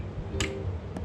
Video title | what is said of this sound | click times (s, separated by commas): Surron NYC - Stop Your Surron from Whining by Adjusting Belt Tension INCREMENTALLY | pull down on the screwdriver while keeping this raised up and you'll hear a click right | 0.4 s, 1.0 s